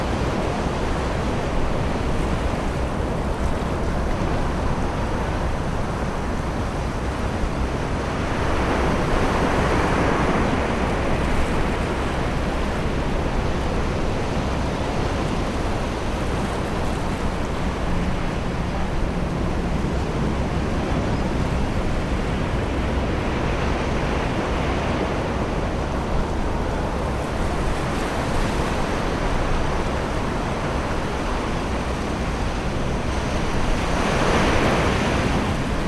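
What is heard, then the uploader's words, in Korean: Waves wash in a steady, dense roar, swelling brighter roughly every ten seconds, with a low rumble running underneath throughout. 해변의 여름날 평온함. 영국의 한 비밀스러운 해변. 파도는 마음을 달래주는 합창을 만들어내며.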